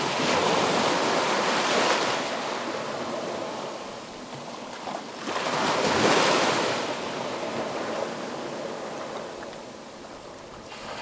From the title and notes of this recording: Gentle waves/優しい波. The ocean is surprisingly calm for winter. 冬にしては、驚くくらい穏やかな海。